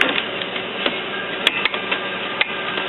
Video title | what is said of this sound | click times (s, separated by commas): How to install our Continuous Ink Supply System - CIS For HP Officejet 4620 And 4622 Printers | now you heard a click | 1.5 s